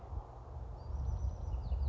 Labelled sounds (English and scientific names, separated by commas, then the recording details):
Bewick's Wren (Thryomanes bewickii)
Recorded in Sonoma County, California